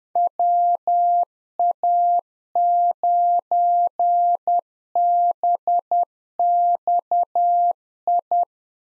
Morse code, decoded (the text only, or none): WA9BXI